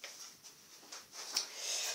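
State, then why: Seated. The battery compartment cover of a CM16 Raider L airsoft rifle is hooked into the rifle body from the top and bottom and pressed until it clips. Soft handling rustles and a couple of light knocks lead to a sharp click at 1.4 s, and the cover is seated back in place.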